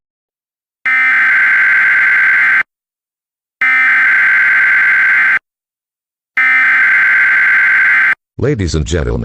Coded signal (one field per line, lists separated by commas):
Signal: Emergency Alert System (SAME) tones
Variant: header bursts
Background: speech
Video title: goanimate4schools shutdown experience: the EAS scenario